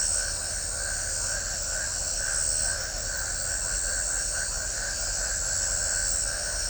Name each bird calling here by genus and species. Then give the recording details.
none. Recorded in shrubland near Pivijay, Magdalena, Colombia, on 5 June 2023 at 22:30. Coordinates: 10.453, -74.365. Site P5-G022